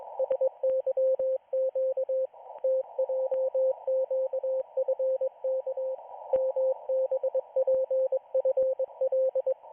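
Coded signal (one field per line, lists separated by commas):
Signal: Morse code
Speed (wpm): 21 wpm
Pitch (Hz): 520 Hz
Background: radio noise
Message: SYQ TJQFK MBPFL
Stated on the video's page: Israeli Navy radio station broadcasting daily Morse radiograms to its correspondents on the 40-meter band.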